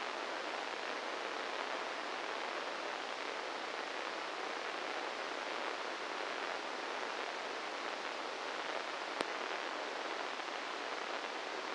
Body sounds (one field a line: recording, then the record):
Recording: brain microelectrode recording played as sound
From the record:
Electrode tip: inside the subthalamic nucleus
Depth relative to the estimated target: -1 mm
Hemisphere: right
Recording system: NeuroSet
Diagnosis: Parkinson's disease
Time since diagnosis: 8 years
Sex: male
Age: 58 years